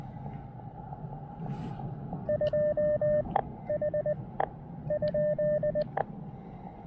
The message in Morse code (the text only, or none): 2 H ?